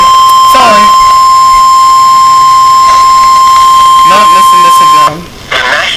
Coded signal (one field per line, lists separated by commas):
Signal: Emergency Alert System (SAME) tones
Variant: 1050 Hz attention tone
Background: speech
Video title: Special Marine Warning EAS #7